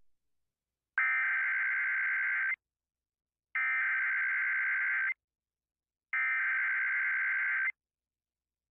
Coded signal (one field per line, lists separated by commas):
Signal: Emergency Alert System (SAME) tones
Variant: header bursts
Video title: [EAS #25] Texas Amber Alert for Nomember 23rd, 2016 (FM Source)